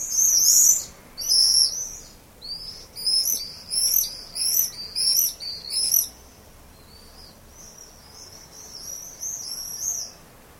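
Swift screams: shrill, high, buzzy trills in quick bursts through the first six seconds, then thinner, softer screaming continuing toward the end.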